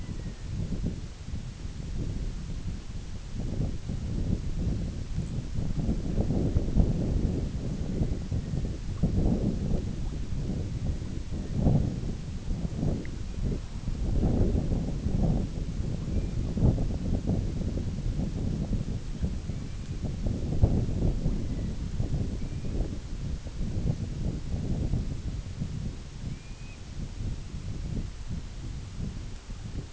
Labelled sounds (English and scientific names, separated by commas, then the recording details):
Red-throated Loon (Gavia stellata), White-rumped Sandpiper (Calidris fuscicollis), unidentified sound
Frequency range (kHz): Red-throated Loon (Gavia stellata) 0.2-3.1 kHz
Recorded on Arctic tundra, site IGLO-B, on 21 June 2018
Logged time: 15:59